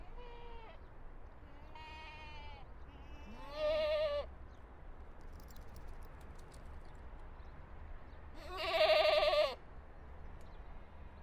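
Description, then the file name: Goats bleating repeatedly: two soft wavering bleats and a louder one, then a very loud tremulous bleat, with faint clicking over a steady low background rumble. Recorded at Terezín. "chevres terezin"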